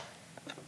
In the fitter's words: magnetically connect it and you're gonna hear a click